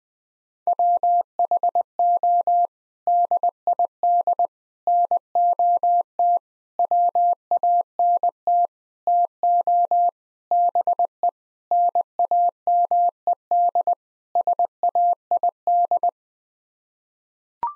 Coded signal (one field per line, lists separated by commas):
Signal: Morse code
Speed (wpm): 19 wpm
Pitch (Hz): 700 Hz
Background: none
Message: WHO DID NOT WANT TO BE NAMED SAID